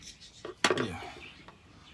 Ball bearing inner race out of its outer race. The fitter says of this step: you can just see how that's just popped out